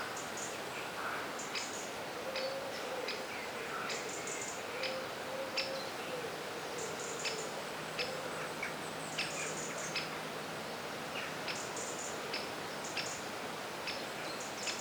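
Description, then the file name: Birds singing, many high chirps and twittering phrases spread across the whole stretch, with faint low hum and steady hiss. Birdsong in a forest. "Forest Birdsong - Soothing Birds"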